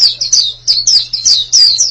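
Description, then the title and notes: White-eye song: several thin high down-slurred notes in quick bursts, with a faint low hum beneath. "Suara kicauan burung pleci"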